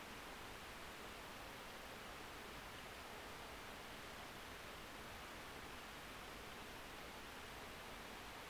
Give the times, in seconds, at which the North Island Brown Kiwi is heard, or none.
none